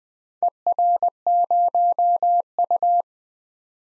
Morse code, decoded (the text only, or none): ER0U